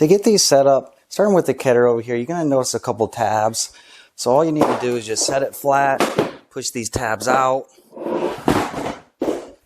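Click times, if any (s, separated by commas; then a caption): 8.5 s. Someone talks while setting a folding work table flat and pushing out the plastic tabs on a leg support of its frame. A single sharp snap is heard at 8.5 s as the tab locks into place.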